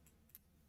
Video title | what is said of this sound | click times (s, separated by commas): Finishing Luke's Smart X-Wing - Lego Star Wars 75423 | And then you can open up the S foils. Only one click. | 0.3 s